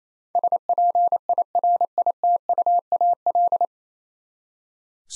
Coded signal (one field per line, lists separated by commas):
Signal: Morse code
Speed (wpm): 28 wpm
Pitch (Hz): 700 Hz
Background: none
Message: SPIRITUAL